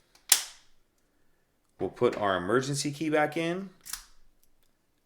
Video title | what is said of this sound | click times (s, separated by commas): 2016 - 2019 Nissan Maxima Key Fob Battery Replacement - How To Change Replace Remote Fob Batteries | get that snapped into place and now we can snap the two halves back together | 0.3 s